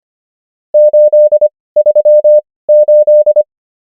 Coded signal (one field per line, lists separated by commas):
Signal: Morse code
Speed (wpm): 25 wpm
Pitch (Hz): 600 Hz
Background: none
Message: 838